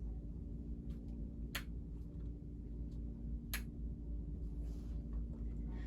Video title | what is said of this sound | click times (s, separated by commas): How To Use Topi-CLICK Perl® | today I will be showing you two clicks so | 1.6 s, 3.5 s